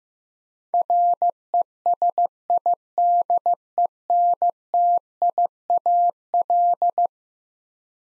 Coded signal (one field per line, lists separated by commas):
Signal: Morse code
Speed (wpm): 15 wpm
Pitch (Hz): 700 Hz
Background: none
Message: RESIDENTIAL